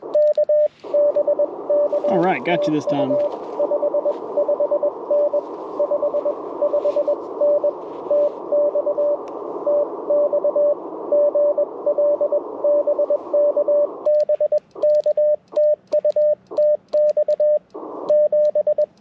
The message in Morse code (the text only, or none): K BK TU 55N 55N TX TX GL BK BK TU TX 7